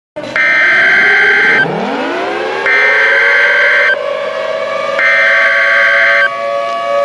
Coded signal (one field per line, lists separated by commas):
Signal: Emergency Alert System (SAME) tones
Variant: header bursts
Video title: An EF6 Tornado (An EAS Scenario)